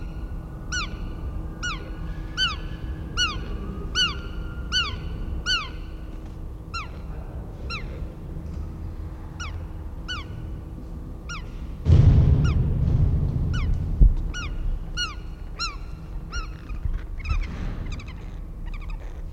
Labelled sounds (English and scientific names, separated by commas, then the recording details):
Guira Cuckoo (Guira guira)
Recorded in captivity
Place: Zoo Berlin, Berlin, DE
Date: 1994-10-01 10:47
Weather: wolkig, z. T. etwas Regen, aufheiternd, 12°C
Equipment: Marantz CP 430, Sennheiser ME 80, Kopie Uher Variocord 263
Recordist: Tembrock, Günter
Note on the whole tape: Abwehrlaut (gegen Tschunja), Kurzlaute als Sequenz und Triller. Andere Laute - zweites Tier in der Nähe. Entfernung 150 cm